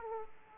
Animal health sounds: mosquito wingbeat signal from an infrared sensor; Aedes aegypti

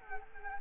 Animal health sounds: mosquito wingbeat signal from an infrared sensor; Culex quinquefasciatus

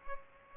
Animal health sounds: mosquito wingbeat signal from an infrared sensor; Culex pipiens

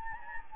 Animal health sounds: mosquito wingbeat signal from an infrared sensor; Anopheles gambiae

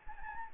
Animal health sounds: mosquito wingbeat signal from an infrared sensor; Anopheles gambiae

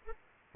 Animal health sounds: mosquito wingbeat signal from an infrared sensor; Aedes aegypti

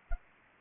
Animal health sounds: mosquito wingbeat signal from an infrared sensor; Anopheles arabiensis

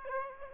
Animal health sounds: mosquito wingbeat signal from an infrared sensor; Aedes aegypti

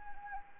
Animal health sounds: mosquito wingbeat signal from an infrared sensor; Anopheles arabiensis

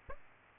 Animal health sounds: mosquito wingbeat signal from an infrared sensor; Aedes aegypti

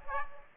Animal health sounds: mosquito wingbeat signal from an infrared sensor; Aedes aegypti

